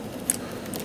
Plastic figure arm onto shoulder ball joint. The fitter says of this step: pop into place fairly easy snap